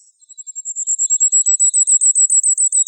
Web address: Regulus ignicapillus